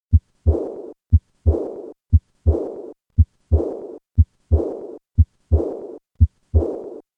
The change in the audibility of an aortic regurgitation murmur with the hand grip maneuver. Hand grip.